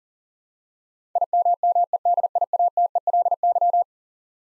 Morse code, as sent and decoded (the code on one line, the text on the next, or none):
.. -- -- . -.. .. .- - . .-.. -.--
IMMEDIATELY